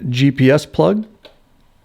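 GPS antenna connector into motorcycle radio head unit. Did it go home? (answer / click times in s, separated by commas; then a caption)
yes / 1.2 s. Someone talks as a GPS antenna plug is pushed into the back of a Harley Boom Box GTS motorcycle radio head unit. A short, sharp snap at 1.3 s marks the plug clicking in and seating.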